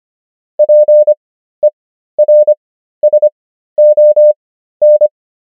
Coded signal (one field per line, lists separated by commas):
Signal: Morse code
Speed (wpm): 25 wpm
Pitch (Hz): 600 Hz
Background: none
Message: PERSON